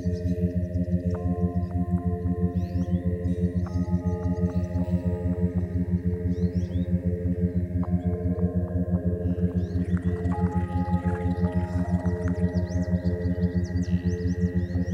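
Frogs call at a marsh in a dense, low, throbbing chorus that pulses steadily for the whole clip. Brighter trilling calls rise over it in short bursts, around one, four, eight and ten seconds, and faint higher chirps join after ten seconds.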